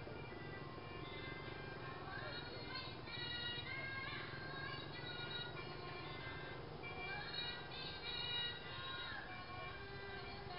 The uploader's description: Laos Mor Lam music playing (female singing) faintly in the distance as motorbikes pass by near Luang Namtha, Laos